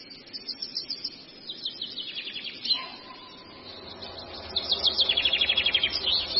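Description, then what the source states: Long-tailed shrike song of rapid high chattering notes in bursts, a short lower whistle near the middle, then a fast repeated trill toward the end. Masteran training song for caged birds.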